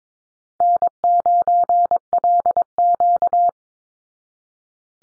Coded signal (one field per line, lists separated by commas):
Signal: Morse code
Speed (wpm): 22 wpm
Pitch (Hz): 700 Hz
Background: none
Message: N9LQ